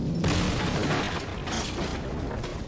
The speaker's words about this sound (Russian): Пушки смолкли, и грохот прекратился.